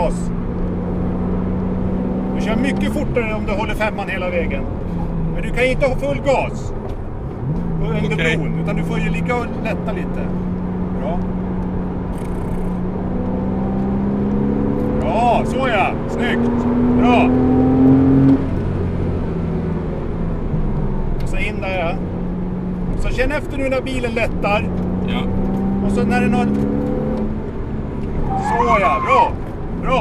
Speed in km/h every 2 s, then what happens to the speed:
123, 121, 87, 71, 77, 86, 90, 101, 120, 114, 94, 81, 90, 100, 74.
0-5 brakes to 71. 7-16 speeds up to 120. 16-21 brakes to 81. 23-25 speeds up to 100. 26-28 brakes to 74.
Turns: 4-9, 11-16.